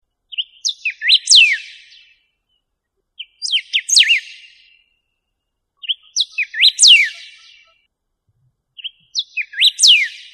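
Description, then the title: Bird song: four similar bright phrases of quick sweeping, slurred notes, repeated about every three seconds, with silence between them. "LuckyPassaro Completos2Sama"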